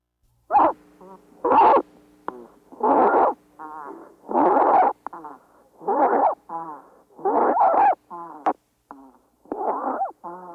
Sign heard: Infant stridor.